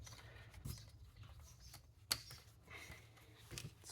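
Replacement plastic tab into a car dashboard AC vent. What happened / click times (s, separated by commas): The plastic tab snapped into place / 2.1 s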